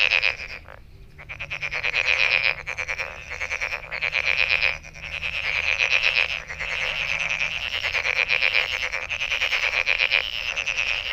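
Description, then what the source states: Frogs give rapid pulsed trills in a continuous chorus, dipping briefly twice before resuming at full strength. Recorded 23 May 2008.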